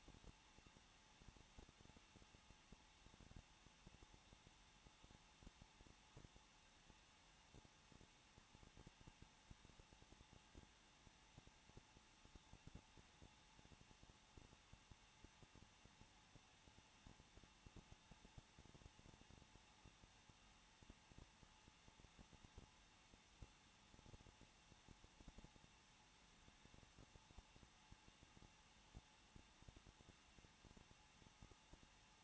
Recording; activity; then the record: daily activity, microphone in the room; no activity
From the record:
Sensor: 1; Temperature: 20.1 degrees Celsius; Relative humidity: 39.3%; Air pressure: 1006.4 hPa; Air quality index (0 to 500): 219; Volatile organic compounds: 80 ppm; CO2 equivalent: 3606 ppm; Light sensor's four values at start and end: 1/2/1/1 and 1/2/1/1